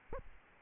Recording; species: mosquito wingbeat signal from an infrared sensor; Aedes albopictus